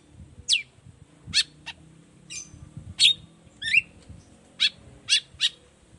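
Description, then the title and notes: Long-tailed shrike giving scattered sharp, squeaky notes and one twisting chirp, separated by short gaps. Singing in the morning with varied notes including a 'toet toet' phrase; recording played as a lure so other shrikes reply quickly and open their beaks. "Cendet Gacor Dor Di Kala Pagi Toet Toet Variasi Suara. Cendet Gacor Efektif Pancingan Buat Cendet Jenis Apapun Agar Cepat Nyaut Buka Paruh. Burung cendet"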